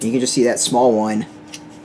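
A small magnetic terrain piece is handled against a larger terrain piece while someone talks for the first 1.2 seconds. After that, brief faint taps come at about 1.5 and 1.9 seconds. The clip ends before the piece goes home, so nothing has seated or clicked yet.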